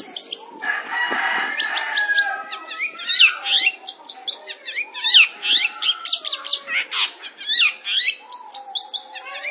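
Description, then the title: Long-tailed shrike song: a rough, buzzy opening, then varied whistled sweeps, short chirps and scratchy notes delivered in a lively, irregular stream. "Audio Cendet Pentet"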